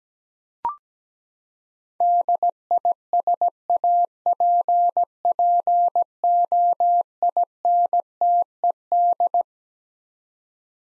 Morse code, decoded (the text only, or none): DISAPPOINTED